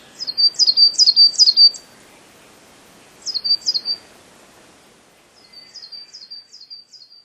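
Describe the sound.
Coal tit giving quick, high, sharp two-note phrases in three runs separated by pauses, the last run fainter.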